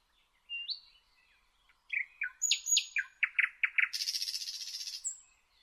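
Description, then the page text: Thrush nightingale singing: a few whistles, a series of hard clicking notes, then a dry buzzing rattle and a closing whistle. "Jelmer Poelstra - Обыкновенный соловей (Luscinia luscinia)"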